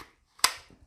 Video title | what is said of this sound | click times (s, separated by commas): Bullet In The Chamber - Accidental or Negligent Discharge - Carrying Firearms - GUNS | hear that click? It clicked. | 0.4 s